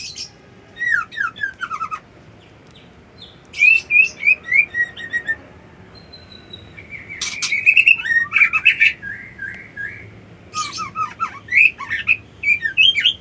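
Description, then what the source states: White-eye song in bouts of rapid high chirps and twitters, separated by short pauses. Song style known locally as ngerol ngalas.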